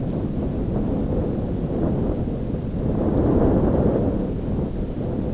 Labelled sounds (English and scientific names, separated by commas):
none